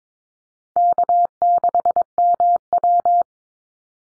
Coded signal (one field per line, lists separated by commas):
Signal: Morse code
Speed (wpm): 22 wpm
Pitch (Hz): 700 Hz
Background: none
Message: K6MW